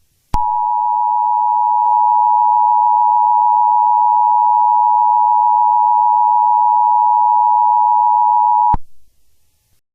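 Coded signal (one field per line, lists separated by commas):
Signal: Emergency Alert System (SAME) tones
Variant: 853 and 960 Hz attention tone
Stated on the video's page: Fictional EAS scenario using real EAS tones.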